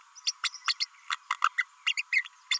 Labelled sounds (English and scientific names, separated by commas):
Green-rumped Parrotlet (Forpus passerinus) babbling